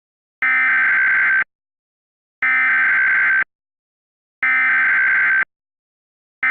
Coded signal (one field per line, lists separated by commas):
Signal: Emergency Alert System (SAME) tones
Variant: header bursts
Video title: EAS Halloween Scenario 2016 " Radioactive Flash Floods"